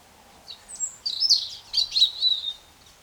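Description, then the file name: European robin song: a quick run of thin, high, tinkling notes and twitters, rising and falling in short bursts. "Erithacus rubecula"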